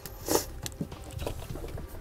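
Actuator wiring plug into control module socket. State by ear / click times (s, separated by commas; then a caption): seated / 0.7 s. The plastic wiring plug from a Titan BrakeRite II SD electric-hydraulic brake actuator on a 2015 Flagstaff Classic is pushed into the second socket of the control module. After a louder rustling burst around 0.3 s, a sharp click is heard at 0.7 s, followed by faint handling ticks. The plug is seated in the socket.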